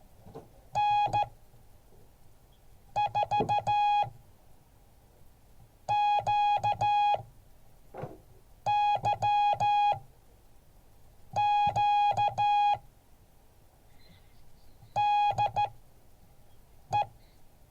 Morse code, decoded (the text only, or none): N4QYQ DE